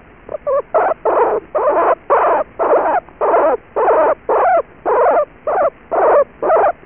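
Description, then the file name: Pig squeals: a steady series of short, shrill squealing calls, repeated nearly twice a second, each one harsh and wavering. "svinka"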